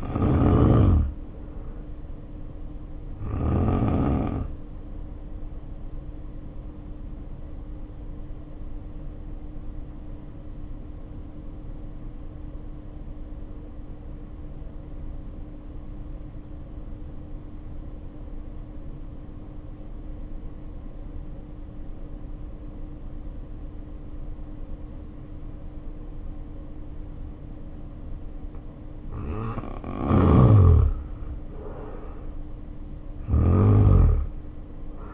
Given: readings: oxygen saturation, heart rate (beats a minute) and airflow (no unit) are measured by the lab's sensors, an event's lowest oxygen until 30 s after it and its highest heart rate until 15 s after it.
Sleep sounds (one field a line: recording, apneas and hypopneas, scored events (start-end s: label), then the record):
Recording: breathing in sleep by a smartphone at the bedside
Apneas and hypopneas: 1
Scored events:
5.00-29.90 s: hypopnea (N2, oxygen 94% highest, then 77% lowest, heart rate 55 at the start, 66 highest)
From the record:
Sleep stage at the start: N2 (light sleep)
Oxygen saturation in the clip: 77 to 94%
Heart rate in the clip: 49 to 66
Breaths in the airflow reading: 12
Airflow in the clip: -2.6 to 2.4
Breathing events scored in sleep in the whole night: 520 in 7.2 hours asleep